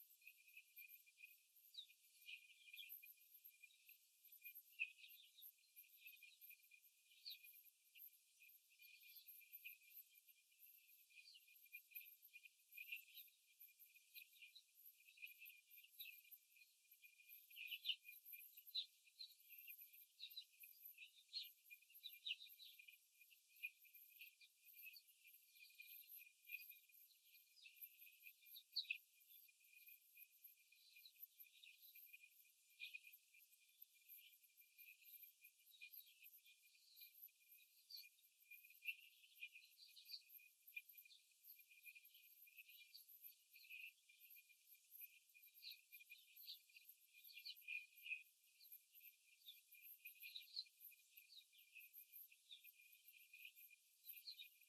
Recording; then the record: young laying hens in a cage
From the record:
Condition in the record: after the stressor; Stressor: simulated dog barking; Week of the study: 3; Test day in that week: 2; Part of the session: 1